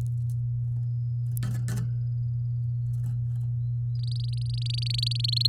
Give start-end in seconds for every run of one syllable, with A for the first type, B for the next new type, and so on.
3.95-5.47 A